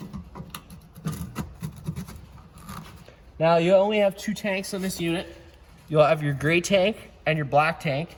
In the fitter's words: pay attention to those two ears the same ears that were on your hose and they just go around these little cogs and snap into place